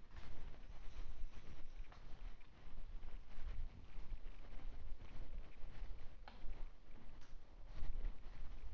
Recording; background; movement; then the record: deep breathing; quiet; walking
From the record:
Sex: male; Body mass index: 20.5 kg/m2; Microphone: on the chest, facing outward